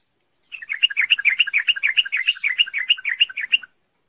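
Bird song: a fast, even run of bright chirping notes lasting about three seconds, then silence.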